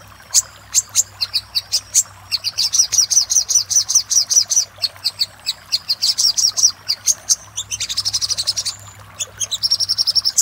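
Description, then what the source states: Little spiderhunter song: long sequences of high, sharp chips, broken by a burst of harsher buzzy chatter before the chips resume. Song used for training caged songbirds (masteran).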